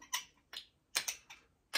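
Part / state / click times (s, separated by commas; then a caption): cap on a perfume bottle / not seated / none. The cap is put back onto a Lattafa Maahir Legacy perfume bottle, making a series of light, short ticking and tapping contacts, with no snap among them. The cap does not click into place, and nothing has seated or clicked yet.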